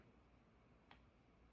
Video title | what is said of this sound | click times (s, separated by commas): FIFINE M9 Wireless Lavalier Mic System | really nice really smooth it doesn't feel flimsy it doesn't feel cheap if you will it just has a nice click | 0.9 s